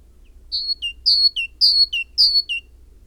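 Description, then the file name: Great tit song: four clear two-note phrases, a high whistled note dropping to a lower one, repeated briskly about twice a second. "Parus major"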